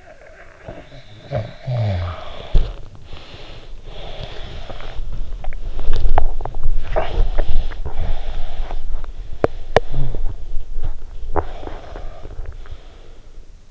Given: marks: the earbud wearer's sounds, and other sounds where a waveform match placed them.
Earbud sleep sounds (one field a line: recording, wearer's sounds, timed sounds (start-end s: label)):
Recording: sounds in sleep by an in-ear microphone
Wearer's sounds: snoring breath, breath, body movement, talking in sleep, teeth grinding, swallowing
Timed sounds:
0.52-2.82 s: snoring breath
3.11-5.05 s: breath
5.47-12.58 s: body movement
6.71-7.38 s: talking in sleep
9.25-9.92 s: teeth grinding
10.95-12.37 s: teeth grinding
11.57-13.71 s: breath
12.15-12.95 s: swallowing